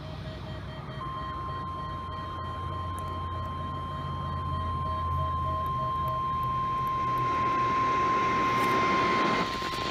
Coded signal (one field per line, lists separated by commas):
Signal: Emergency Alert System (SAME) tones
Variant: 1050 Hz attention tone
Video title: NOAA Weather Radio Required Weekly Tests (EAS #1103-1107)